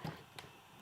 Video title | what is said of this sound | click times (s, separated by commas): Dasaita 10.2 Android Head unit Wireless CarPlay & WiFi & more - Toyota Tacoma in DEPTH Installation! | same thing make sure it clicks and then coming back to | 0.4 s